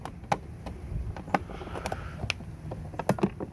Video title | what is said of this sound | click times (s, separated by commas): Audi A6 mirror lights ( puddle light ) 2005 model | there it is click click | 0.3 s, 2.3 s